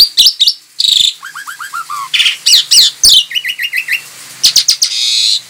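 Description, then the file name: Javan pied starling song, a busy jumble of harsh wheezy bursts, rapid slurred whistles and short falling notes in quick series, with scratchy rasping phrases between. Lure call (pancingan) of the Javan pied starling, used to attract birds. "suara pancingan jalak suren"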